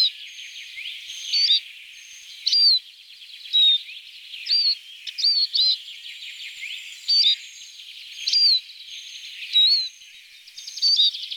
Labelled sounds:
Eurasian Siskin song

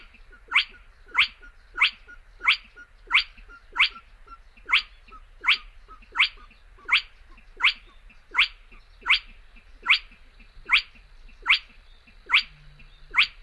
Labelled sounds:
Spotted Crake

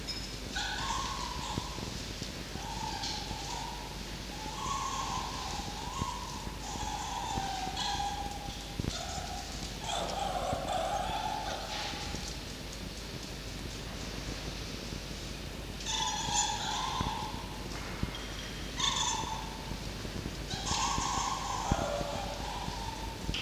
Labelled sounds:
Red Fox

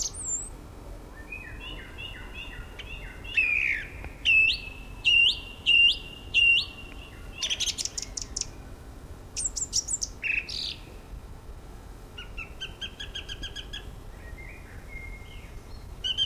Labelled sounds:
Song Thrush song

